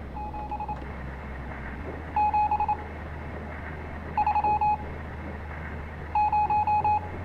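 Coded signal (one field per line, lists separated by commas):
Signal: Morse code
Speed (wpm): 26 wpm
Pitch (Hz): 840 Hz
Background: none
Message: 7 7 3 0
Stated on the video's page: Part of the game Stories Untold.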